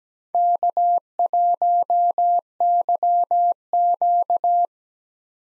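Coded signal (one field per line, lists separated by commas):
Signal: Morse code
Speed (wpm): 17 wpm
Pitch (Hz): 700 Hz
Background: none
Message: K1YQ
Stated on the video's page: Call sign head-copy practice of US four-character call signs at 17 wpm with Farnsworth timing using 2x character spacing; each call is sent in Morse, then spoken.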